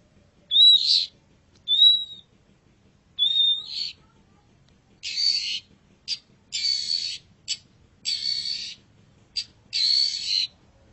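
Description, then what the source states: Long-tailed shrike song: three clear whistled notes, then a series of harsh buzzy, rasping bursts with brief gaps between them. Indonesian name cendet; labelled masteran, a tutor recording of the song.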